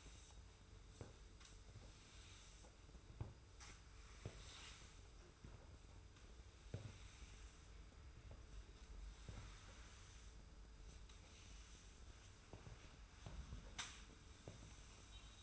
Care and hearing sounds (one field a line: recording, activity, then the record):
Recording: daily activity, microphone in the room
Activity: sweep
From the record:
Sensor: 2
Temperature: 25.1 degrees Celsius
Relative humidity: 42.2%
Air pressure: 991.2 hPa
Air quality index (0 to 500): 147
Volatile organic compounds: 362 ppm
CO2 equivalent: 4605 ppm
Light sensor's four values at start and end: 35/97/39/37 and 33/91/36/35